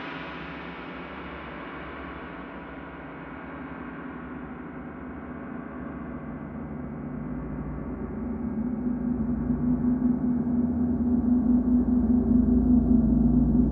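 A gong rings in a long, shimmering sustain, its bright upper overtones gradually dulling over the fourteen seconds. Around the eight-second mark the sound swells louder, and a steady, humming low tone comes forward and pulses gently through the end.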